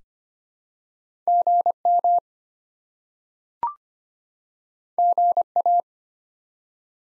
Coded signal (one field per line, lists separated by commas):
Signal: Morse code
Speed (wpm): 25 wpm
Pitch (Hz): 700 Hz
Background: none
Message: GM GA